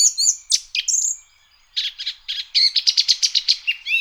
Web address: birdify. turdus philomelos